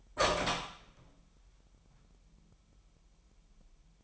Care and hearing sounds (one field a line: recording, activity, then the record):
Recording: daily activity, microphone in the room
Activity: open door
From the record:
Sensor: 1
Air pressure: 998.5 hPa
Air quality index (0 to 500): 129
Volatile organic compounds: 4 ppm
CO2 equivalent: 1538 ppm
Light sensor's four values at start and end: 20/65/26/27 and 20/65/26/27